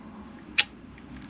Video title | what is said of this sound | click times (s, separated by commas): Easy To Install Bullfinch Shower | that's it that's clicked into place that's not coming loose now so | 0.6 s